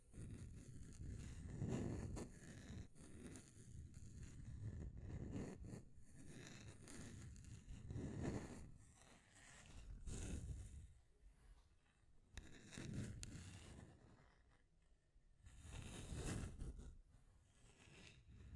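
Scratching and tracing sounds come in repeated strokes, swelling and fading every couple of seconds, with louder passes near 2, 8, 10, 13 and 17 seconds. Each stroke is a dense, rough rasp with a low rumbling body and a bright scratchy edge.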